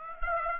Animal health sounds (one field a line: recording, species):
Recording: mosquito wingbeat signal from an infrared sensor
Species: Aedes aegypti